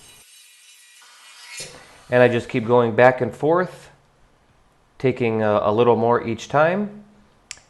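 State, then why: Seated. A hand-trimmed lens mount, shaved down a little at a time for a tight fit, is worked into its opening in a camera body. A soft rasping rub is heard in the first two seconds, then someone talks. A single sharp click at 7.5 s marks the mount seating tightly in place.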